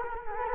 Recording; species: mosquito wingbeat signal from an infrared sensor; Culex quinquefasciatus